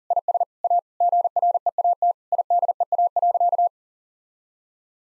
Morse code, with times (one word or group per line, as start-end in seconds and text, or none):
0.1-0.4 IS
0.6-0.8 A
1.0-2.1 GREAT
2.3-3.7 IDEA.